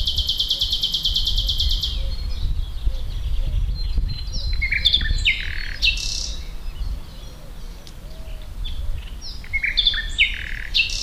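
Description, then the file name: Common nightingale song opening with a fast, buzzy rattling trill, followed by scattered varied notes and whistles over constant low rumbling background. "Luscinia megarhynchos"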